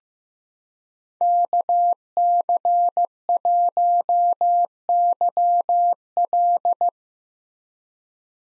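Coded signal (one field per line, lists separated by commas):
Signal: Morse code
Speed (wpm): 15 wpm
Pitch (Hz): 700 Hz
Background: none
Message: KC1YL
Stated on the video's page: Head-copy drill of common Parks on the Air activator callsigns at 15 WPM; each callsign is sent in Morse, spoken, then sent again.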